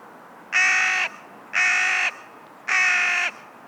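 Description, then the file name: Carrion crow cawing: three harsh, flat, half-second caws about a second apart, with a steady faint hiss behind them. "Corvus corone"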